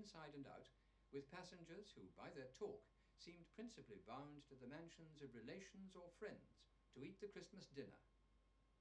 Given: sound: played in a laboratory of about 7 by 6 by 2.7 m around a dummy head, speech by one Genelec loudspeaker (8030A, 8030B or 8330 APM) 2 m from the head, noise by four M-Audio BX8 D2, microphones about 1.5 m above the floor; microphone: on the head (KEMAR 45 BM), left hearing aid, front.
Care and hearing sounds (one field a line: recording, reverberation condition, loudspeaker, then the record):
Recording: male speech in English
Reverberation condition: low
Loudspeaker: in front (0 degrees)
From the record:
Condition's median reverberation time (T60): about 310 ms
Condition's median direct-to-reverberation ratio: about 3.5 dB